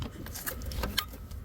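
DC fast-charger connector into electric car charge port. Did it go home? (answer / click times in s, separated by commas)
yes / 1.0 s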